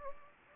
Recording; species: mosquito wingbeat signal from an infrared sensor; Anopheles gambiae